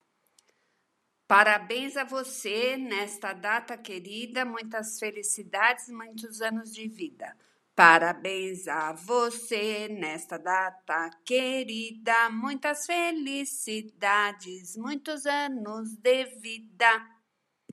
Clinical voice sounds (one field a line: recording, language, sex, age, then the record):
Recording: short text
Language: Brazilian Portuguese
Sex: female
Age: 60 to 69 years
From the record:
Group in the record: control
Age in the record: 62 years